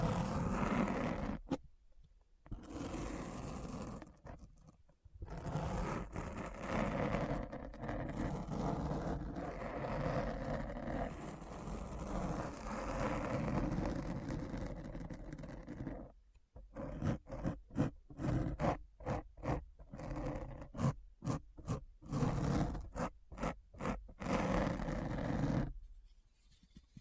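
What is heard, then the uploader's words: A deep, scratchy roar fills most of the clip, thick and grinding with a heavy low end, broken by a few abrupt silences near the start. After about sixteen seconds it turns choppy, cutting in and out in quick bursts before stopping. ASMR Deep Brain Scratch (No Talking).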